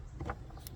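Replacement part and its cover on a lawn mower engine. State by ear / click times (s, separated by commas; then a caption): seated / 0.3 s, 0.7 s. A new replacement part and its cover are lined back up and pushed home on the engine of a Troy-Bilt TB42 lawn mower. Short clicks land at 0.3 s and 0.67 s, with a softer knock around 0.2 s, over a low rumble. The part clicks back into place and is seated.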